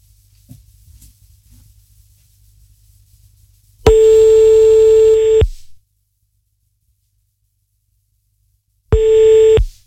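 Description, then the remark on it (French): A telephone line tone after redialing a number sounds in two long, loud, steady beeps with a buzzy, harmonic-rich quality, separated by several seconds of silence, after a faint low hum on the line. “Non, on recompose son numéro de téléphone tout de suite.”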